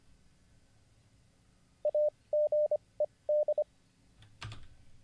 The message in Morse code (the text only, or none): AGED